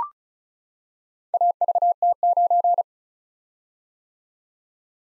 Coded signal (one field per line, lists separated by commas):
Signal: Morse code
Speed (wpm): 36 wpm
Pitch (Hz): 700 Hz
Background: none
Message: AVT9